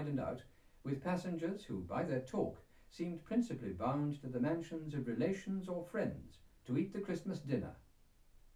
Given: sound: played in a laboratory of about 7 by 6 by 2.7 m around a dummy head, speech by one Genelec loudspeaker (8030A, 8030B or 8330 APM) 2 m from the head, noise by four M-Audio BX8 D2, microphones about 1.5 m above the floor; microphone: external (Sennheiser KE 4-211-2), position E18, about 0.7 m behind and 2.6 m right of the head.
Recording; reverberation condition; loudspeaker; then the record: male speech in English; low; in front (0 degrees)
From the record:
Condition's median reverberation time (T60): about 310 ms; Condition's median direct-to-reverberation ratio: about 3.5 dB